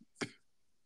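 A single short, explosive cough from an adult who has been ill since Thanksgiving and is gradually recovering. It is a sharp burst lasting about a quarter of a second, then quiet.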